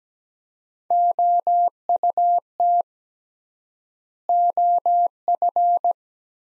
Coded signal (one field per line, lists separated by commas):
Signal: Morse code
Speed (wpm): 17 wpm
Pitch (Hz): 700 Hz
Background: none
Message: OUT OF